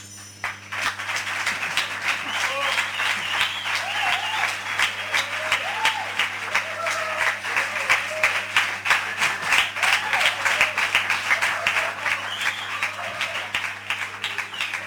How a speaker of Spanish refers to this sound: ¿Habéis visto qué bien que lo digo? Porque hasta me aplauden y todo.